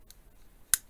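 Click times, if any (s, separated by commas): 0.7 s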